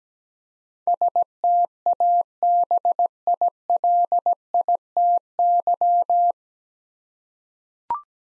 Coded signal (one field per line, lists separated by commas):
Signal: Morse code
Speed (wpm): 17 wpm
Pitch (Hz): 700 Hz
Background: none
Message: STABILITY